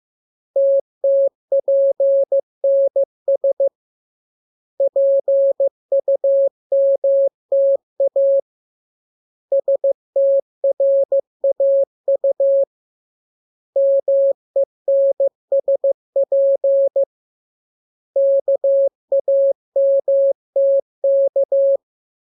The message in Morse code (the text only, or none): TTPNS PUMTA STRAU MENSP KAMTK